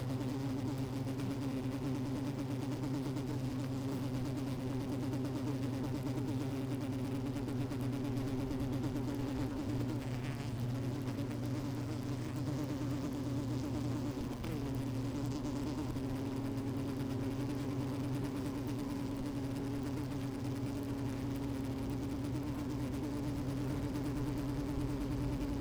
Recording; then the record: honeybee colony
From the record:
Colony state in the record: active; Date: 28 July 2017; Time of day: 12:20